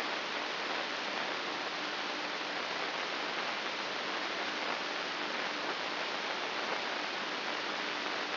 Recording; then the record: brain microelectrode recording played as sound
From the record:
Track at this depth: inside the subthalamic nucleus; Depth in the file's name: 6.416 mm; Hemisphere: left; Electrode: 2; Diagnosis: Parkinson's disease